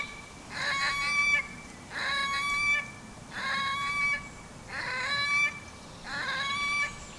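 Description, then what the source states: Red-necked grebe giving harsh, nasal, wailing calls in five long bursts, each roughly a second long and repeated at a steady pace. At Wellesweiher near Kosbach, 25 June 2013.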